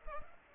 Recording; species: mosquito wingbeat signal from an infrared sensor; Culex pipiens